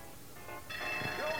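An armory alarm bell rings continuously, starting faint and swelling into a loud, bright, metallic clangor that holds steady to the end.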